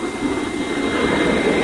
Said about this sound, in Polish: Samolot? To my!